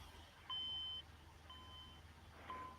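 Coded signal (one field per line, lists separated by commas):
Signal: beep code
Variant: HP desktop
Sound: evenly spaced high electronic beeps, three heard, the last cut short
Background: low background hum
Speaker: An HP desktop or workstation with a flashing red and four beeps indicates a problem. Often a power supply overload or failure of a motherboard.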